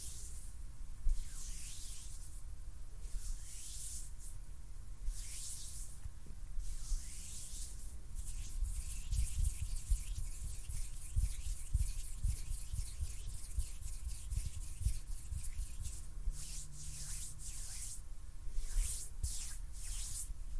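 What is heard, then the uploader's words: Hands rub and brush against each other in repeated strokes, each a soft, bright swish that rises and falls roughly every second or two. Low rumbling thumps run underneath, busier in the middle, with a faint steady hum throughout. ASMR HAND SOUNDS NO TALKING.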